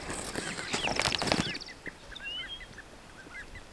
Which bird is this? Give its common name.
Superb Starling